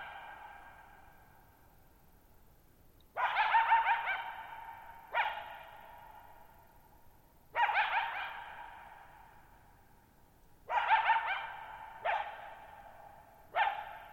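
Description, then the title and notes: Coyote giving repeated harsh barks, each followed by long reverberant fading over silence. One lone coyote at night, July 14, 2019, Thirtymile Meadows, Okanogan National Forest, Okanogan High Country, Pacific Northwest, 6400 ft (1950 m), high dry plateau, shallow bowl-shaped meadow. "Lone Coyote at Thirtymile Meadows. I spent the night of July 14, 2019, camped near Thirtymile Meadows in the Okanogan National Forest at 6400 ft (1950 m)"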